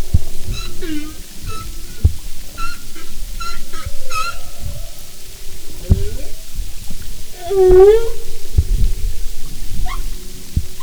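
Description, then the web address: Humpback whale calls: short repeated chirping notes, a mid moan, then a loud swooping cry later on, over underwater rumble. "Marine Mammals humpback"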